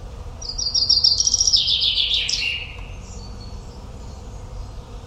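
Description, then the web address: Common chaffinch song, a quick trill of high repeated notes stepping downward and finishing with a flourish, followed by a few faint high notes. "Deverinetal"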